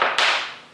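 A small brass check-valve insert is pushed back into an open Thermacell butane cartridge, pressed against something hard so it snaps down into the cartridge's three ridges. A bright broadband rustle fades, then a single sharp snap at 0.2 s rings out and decays over the next half second. The insert seats in place.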